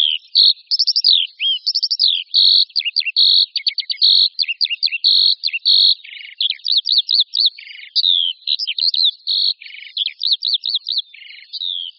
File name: Skřivan-polní